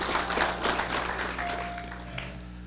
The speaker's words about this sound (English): That's good. Everybody give her a hand clap. Amen, Jesus.